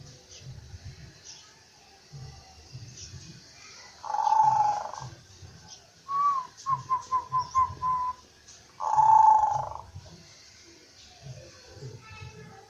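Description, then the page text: Zebra dove song: a purring trill, then a coo and a rapid run of several short coos, then another purring trill, over soft rhythmic thumping. Manggung song of local and Bangkok zebra doves, used for luring birds. "suara perkutut manggung gacor dari jenis perkutut lokal atau asli dan bangkok untuk pikat"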